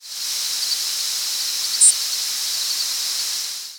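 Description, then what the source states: Swamp sparrow giving one short, very high call note midway through, over a steady hiss. Flight call.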